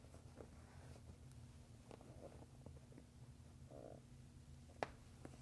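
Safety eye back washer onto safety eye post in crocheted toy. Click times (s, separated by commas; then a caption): 4.8 s. Plastic washer backs are pushed onto the posts of plastic safety eyes set in a crocheted chenille amigurumi head. Over a low, steady rumble and faint handling ticks, one short, sharp snap is heard at 4.8 s. The safety eye back seats with a quiet but clear snap.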